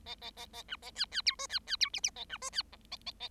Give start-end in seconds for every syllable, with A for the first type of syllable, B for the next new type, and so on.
0.06-0.15 A, 0.21-0.30 A, 0.36-0.46 A, 0.53-0.62 A, 0.68-0.76 B, 0.82-0.91 A, 0.95-1.05 C, 1.11-1.22 C, 1.26-1.35 D, 1.39-1.47 E, 1.49-1.59 C, 1.67-1.76 C, 1.80-1.89 D, 1.93-2.00 F, 2.03-2.10 F, 2.16-2.24 A, 2.29-2.37 B, 2.41-2.50 E, 2.52-2.62 C, 2.72-2.76 G, 2.91-2.96 A, 3.06-3.11 A, 3.20-3.28 A